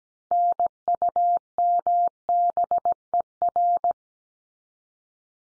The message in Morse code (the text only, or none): NUMBER